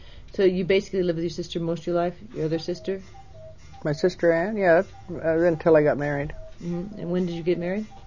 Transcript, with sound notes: So you basically lived with your sister most of your life - your other sister? (Clock begins to chime)
My sister Anne? Yeah - uh - then 'til I got married.
Mm-hmm. And when did you get married?